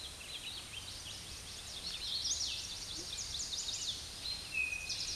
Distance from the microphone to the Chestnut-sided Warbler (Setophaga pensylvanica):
about 35 m